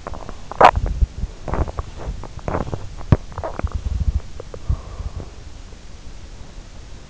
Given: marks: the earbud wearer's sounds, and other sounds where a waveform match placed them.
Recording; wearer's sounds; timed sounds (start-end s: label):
sounds in sleep by an in-ear microphone; body movement
0.00-5.57 s: body movement